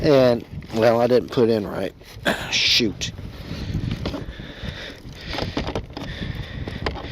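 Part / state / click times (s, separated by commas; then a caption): battery tray into RC airplane fuselage / seated / 6.9 s. Someone talks while reinserting the plastic battery tray into the fuselage of an FMS 1400mm Pitts V2 RC biplane after a failed first try, with fumbling handling noises along the way. The tray's small plastic nubs catch with a sharp little click at 6.9 s, seating it in place.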